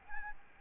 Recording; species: mosquito wingbeat signal from an infrared sensor; Aedes albopictus